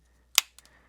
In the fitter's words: Then we can go ahead and snap the two halves back together.